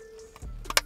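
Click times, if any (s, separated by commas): 0.8 s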